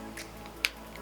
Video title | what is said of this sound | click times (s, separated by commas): Review: Lumecube STROBE. It's schnazzy. | the way I'm slap it now go go gadget unsnap oh | 0.6 s